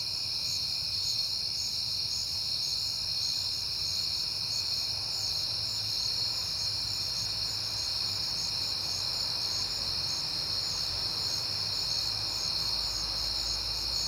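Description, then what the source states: Crickets keep up a steady high-pitched chorus in several bands, with a faint low rumble underneath. Crickets recorded at night in September, on a peaceful night.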